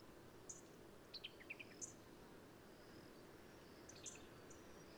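Black-capped vireo song: brief bursts of high, squeaky and sharp notes, with a quick stuttered cluster in the middle and a steady low rumble underneath.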